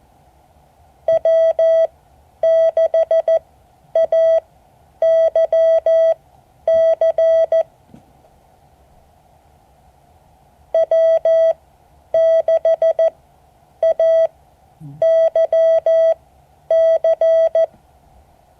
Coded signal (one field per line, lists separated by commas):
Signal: Morse code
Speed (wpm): 14 wpm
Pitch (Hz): 650 Hz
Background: none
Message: W6AYC W6AYC